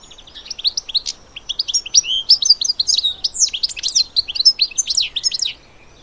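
Bird calls in a steady stream of quick, high chirps and short slurred notes, varied in pitch, lasting about five seconds.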